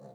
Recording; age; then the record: pig call; piglet (1 to 25 days)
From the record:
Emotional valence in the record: negative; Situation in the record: short isolation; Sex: female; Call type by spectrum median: low-frequency call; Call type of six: low-frequency stable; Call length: 0.14 s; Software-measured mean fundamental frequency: 64 Hz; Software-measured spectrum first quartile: 190 Hz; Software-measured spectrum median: 437 Hz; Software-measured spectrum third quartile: 624 Hz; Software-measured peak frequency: 527 Hz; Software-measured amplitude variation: 74 dB a second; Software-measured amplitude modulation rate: 10.4 a second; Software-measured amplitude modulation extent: 7.1 dB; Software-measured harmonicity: 0.8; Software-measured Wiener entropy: 0.31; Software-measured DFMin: 1177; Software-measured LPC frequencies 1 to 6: 590, 4005, 5934, 7259, 8350, 9299 Hz